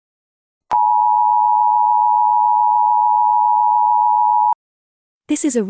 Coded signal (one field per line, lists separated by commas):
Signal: Emergency Alert System (SAME) tones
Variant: 853 and 960 Hz attention tone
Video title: EAS Scenario - Poseidon